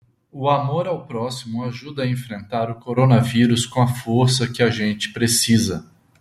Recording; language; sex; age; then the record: spoken sentence; Brazilian Portuguese; male; 40 to 49 years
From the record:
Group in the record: control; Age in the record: 48 years